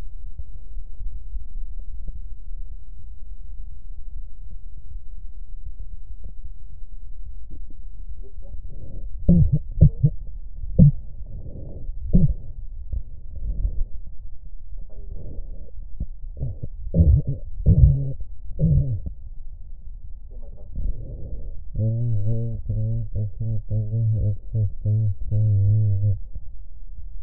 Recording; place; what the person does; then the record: lung sounds by stethoscope; left posterior basal chest; quiet breathing, then cough and speech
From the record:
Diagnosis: none (healthy); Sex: male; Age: 35 years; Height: 186 cm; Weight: 108 kg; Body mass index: 31.2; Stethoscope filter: extended mode